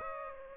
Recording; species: mosquito wingbeat signal from an infrared sensor; Aedes aegypti